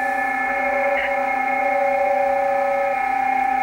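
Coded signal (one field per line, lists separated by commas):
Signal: PSK31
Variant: BPSK31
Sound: several steady warbling tones at different pitches sounding together over hiss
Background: radio static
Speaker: so here on the waterfall you see all these signals these are all bpsk signals different bpsk signals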